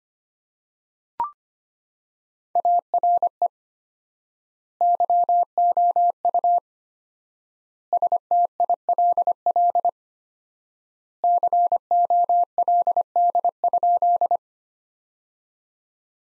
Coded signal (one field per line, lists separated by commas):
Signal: Morse code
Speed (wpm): 25 wpm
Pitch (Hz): 700 Hz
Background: none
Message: ARE YOU STILL COLD?